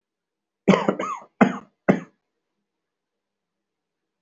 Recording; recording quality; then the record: shallow voluntary cough; excellent, no background noise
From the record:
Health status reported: healthy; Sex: male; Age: 50 years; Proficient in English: yes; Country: India